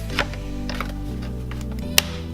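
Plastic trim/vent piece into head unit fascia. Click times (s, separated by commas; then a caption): 2.0 s. A plastic trim and vent piece is pushed by hand into the new fascia of an Android 10.2-inch head unit in a Lancer dash, with steady music in the background. A few light plastic taps and knocks come first, then a sharp, loud click at 2.0 s as the piece seats in place.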